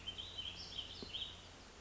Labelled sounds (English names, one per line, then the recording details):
Warbling Vireo
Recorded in Sonoma County, California